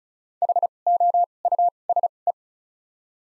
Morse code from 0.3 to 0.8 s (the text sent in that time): H